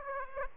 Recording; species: mosquito wingbeat signal from an infrared sensor; Aedes aegypti